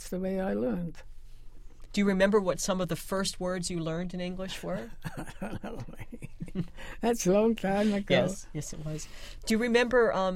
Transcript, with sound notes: That's the way I learned.
Do you remember what some of the first words you learned in English were?
[Laughs] That's a long time ago.
Yes. Yes, it was. Do you remember